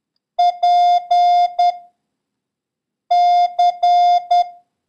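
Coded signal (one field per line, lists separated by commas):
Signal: Morse code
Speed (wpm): 10 wpm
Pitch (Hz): 710 Hz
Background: none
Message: PC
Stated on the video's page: Morse code lesson covering letters Y, J, L and the number 4, with a random run drill.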